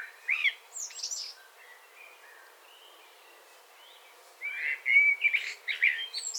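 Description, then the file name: Common blackbird song, soft warbled notes with a high scratchy flourish, then a louder run of fluting phrases near the end, against steady background noise. "Turdus merula"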